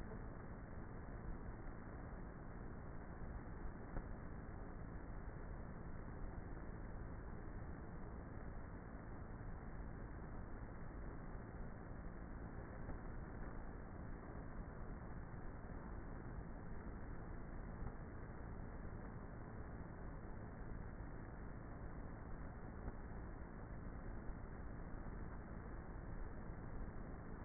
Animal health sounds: honeybee colony, microphone inside the hive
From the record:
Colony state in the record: queenless with a low population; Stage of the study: before two queens were removed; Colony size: about 30,000 bees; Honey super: no

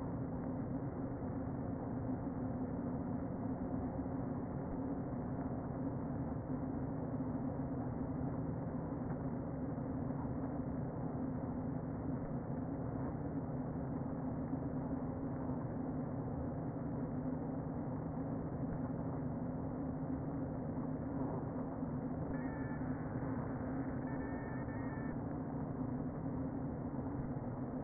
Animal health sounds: honeybee colony, microphone inside the hive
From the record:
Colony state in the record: queen present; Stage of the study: before two queens were removed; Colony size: about 60,000 bees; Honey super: yes

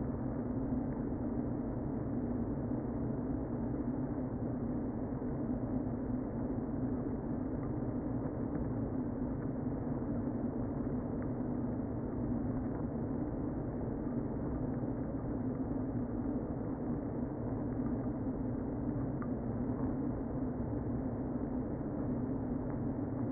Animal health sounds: honeybee colony, microphone inside the hive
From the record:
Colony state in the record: queen present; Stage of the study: before two queens were removed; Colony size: about 60,000 bees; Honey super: yes

